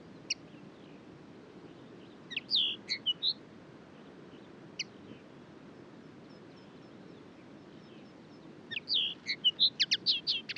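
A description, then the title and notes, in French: Birds call at daybreak over a steady low rumble of wind. Short bright chirps come in small bursts: a lone note near the start, a quick cluster around two to three seconds, another single call near five seconds, then a rapid run of chirps at the end. Lever du jour à l'écoute des oiseaux au col du Granon (2400 m altitude) dans les Hautes Alpes au-dessus de Briançon.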